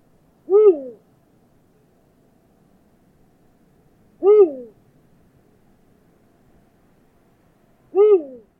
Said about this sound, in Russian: Крик филина — это такой классический крик совы, который у большинства людей возникает в голове, когда они думают про крик совы. Это такое уху, уху. Можно послушать сейчас, как это звучит.